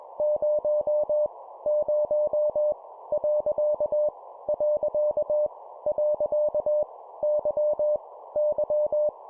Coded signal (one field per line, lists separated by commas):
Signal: Morse code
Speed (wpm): 21 wpm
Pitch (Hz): 600 Hz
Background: none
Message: 0 0 . . . Y Y